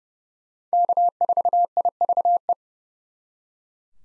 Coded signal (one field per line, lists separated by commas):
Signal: Morse code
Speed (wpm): 37 wpm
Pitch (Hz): 700 Hz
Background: none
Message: K4IVE